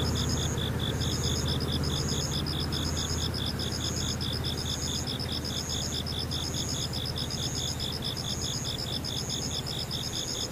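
Insects chirp in a steady, rapid rhythm, one high voice pulsing several times a second while a second, shriller one repeats longer trills about twice a second. The pattern never breaks across the clip. A constant low rumble runs underneath throughout.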